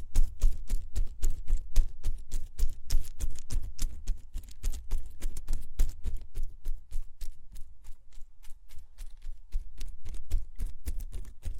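Plants rubbed and circled around the ears make a dense, quick run of crisp rustling taps over a soft low rumble, steady throughout.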